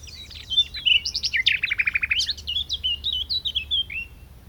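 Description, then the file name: Common nightingale singing one continuous varied phrase, mixing high slurred whistles with a quick burst of lower repeated notes, then fading downward sweeps. "Luscinia megarhynchos"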